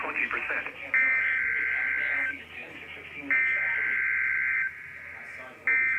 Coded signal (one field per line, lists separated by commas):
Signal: Emergency Alert System (SAME) tones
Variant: header bursts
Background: speech